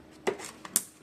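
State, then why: Seated. Plastic diffuser lenses are pressed onto the LED backlight strip of an LG TV during a backlight repair. Two sharp plastic clicks sound at 0.3 s and 0.8 s, with a fainter tick between them, as the lenses snap into place and are seated.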